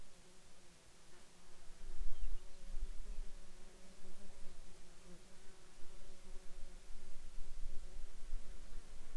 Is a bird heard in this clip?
yes